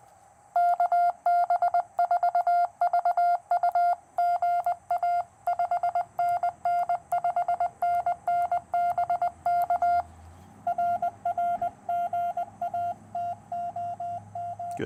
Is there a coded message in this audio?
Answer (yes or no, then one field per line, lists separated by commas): yes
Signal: Morse code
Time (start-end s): 0.6-14.8 s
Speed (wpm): 20 wpm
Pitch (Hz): 700 Hz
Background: none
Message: KB4VU GA 5NN 5NN BK RR GA TOM